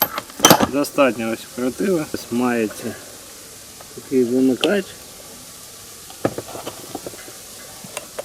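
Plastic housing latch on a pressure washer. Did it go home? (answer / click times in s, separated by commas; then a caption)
yes / 8.0 s. Someone talks while working on an Oleo-Mac PW 110 C pressure washer after refitting its unloader (bypass) valve, then closes the plastic latch on the housing. Light handling clicks follow, and the latch snaps shut at 8.0 s, seated in its place.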